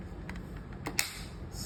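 Pressing along the plastic casing halves of an air conditioner remote control, a second plastic clip snaps into place with a sharp click at 1.0 s. A few softer ticks and rubs come before it, around 0.3 s and 0.9 s. The casing clip is seated and shut.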